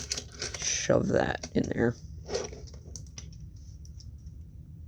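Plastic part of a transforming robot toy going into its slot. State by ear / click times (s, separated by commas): not seated / none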